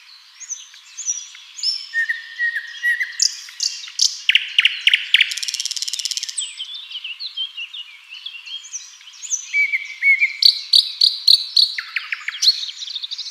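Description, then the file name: Common nightingale: varied chirps, rattles and whistles tumbling quickly over thirteen seconds. "Luscinia megarhynchos"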